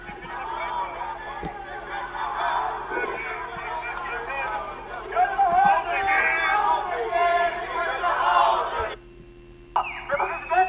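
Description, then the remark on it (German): A crowd of children shouting and screaming together in a dense, high-pitched din that swells louder partway through, then cuts off abruptly, leaving a short quiet stretch and a brief final burst. “Die Kinder schreien wieder.”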